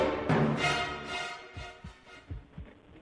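Loud orchestral music fades out over the first second and a half. Soft, low, paired thumps follow, a regular lub-dub of a human heartbeat at about 85 beats a minute.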